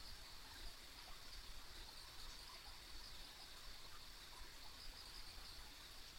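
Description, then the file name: High insect chorus ringing without a break, partly covered by a steady rushing, water-like noise and low rumble. Ambient insect sounds on a rural country road. "田舎道の虫の環境音"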